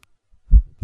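A single deep, muffled thump with another starting at the end: a heartbeat heard as a doctor listens through a stethoscope.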